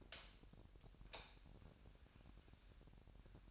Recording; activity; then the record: daily activity, microphone in the room; light on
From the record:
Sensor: 2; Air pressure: 1011.8 hPa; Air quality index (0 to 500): 208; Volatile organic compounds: 3 ppm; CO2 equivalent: 1469 ppm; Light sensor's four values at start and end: 10/24/10/11 and 15/39/16/16